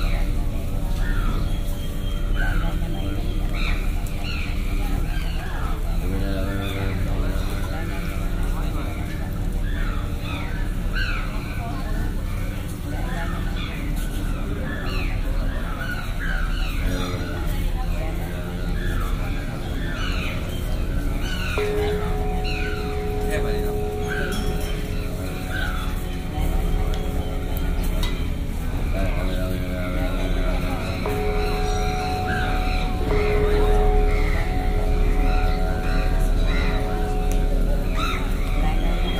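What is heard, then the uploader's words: Shwedagon Pagoda in Yangon: a dense, steady wash of many overlapping voices talking at once, with bird calls scattered through the bright upper range. Sustained tones like chanting or bells hold steady around 22–28 and 31–39 seconds, over a continuous low rumble. Shwedagon Pagoda - Yangoon - timelapse from 4 am to 8am.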